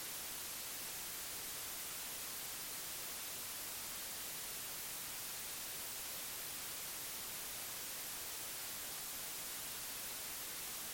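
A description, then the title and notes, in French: White noise runs unchanged for the whole clip, a dense, even hiss with no events or pauses. It leans bright, with the upper range loudest and only a thin rumble underneath, and the level stays perfectly flat from start to finish. Méditation en bruit blanc.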